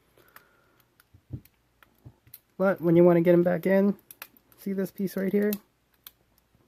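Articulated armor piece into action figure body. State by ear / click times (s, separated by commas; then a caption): seated / 6.1 s. Someone talks while handling a 1/6 scale plastic Hot Toys Iron Man Mark 45 collectible action figure, with faint ticks and handling noises around the speech. An articulated armor piece is pushed back into its socket in the figure's body and seats with a sharp click at 6.1 s.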